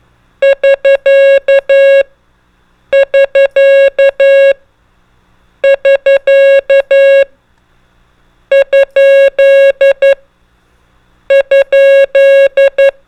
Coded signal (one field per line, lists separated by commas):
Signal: Morse code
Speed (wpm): 11 wpm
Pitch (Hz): 550 Hz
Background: music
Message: <SK> <SK> <SK> ? ?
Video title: Ham Radio: Morse Code Trainer | Prosigns and Most Commonly Used Abbreviations